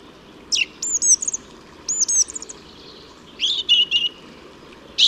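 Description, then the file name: Song thrush repeating a whistled phrase twice in a row, followed by a different warbled phrase, with steady low background noise. "Singdrossel Gesang"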